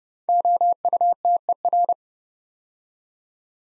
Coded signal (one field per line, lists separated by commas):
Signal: Morse code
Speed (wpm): 28 wpm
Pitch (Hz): 700 Hz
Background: none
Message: OUTER